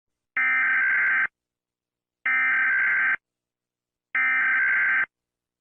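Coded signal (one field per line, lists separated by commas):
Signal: Emergency Alert System (SAME) tones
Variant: header bursts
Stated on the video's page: Fictional EAS alarm, with a loud section.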